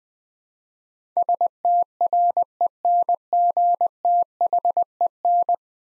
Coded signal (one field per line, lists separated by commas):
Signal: Morse code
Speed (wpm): 20 wpm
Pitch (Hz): 700 Hz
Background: none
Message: STRENGTHEN